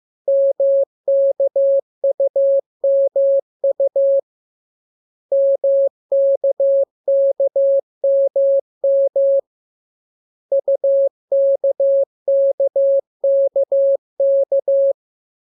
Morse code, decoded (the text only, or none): MKUMU MKKMM UKKKK